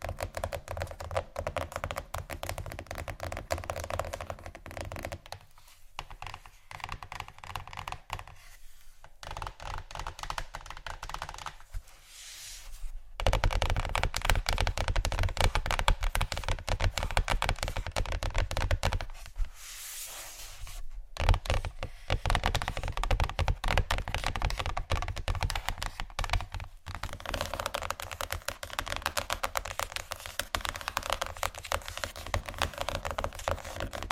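Fast tapping on wood, book and metal surfaces, a dense run of quick clicking strikes like typing. The first thirteen seconds are lighter, broken by short pauses near 6, 9 and 12 seconds, then the tapping grows louder and fuller, pausing again around 20 seconds.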